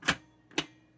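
A plastic rod in the center of a toy barbecue game is pushed down until it clicks and stays in place. Two sharp plastic clicks sound at 0.1 s and 0.6 s, the second preceded by a faint tick. The rod is seated and locked.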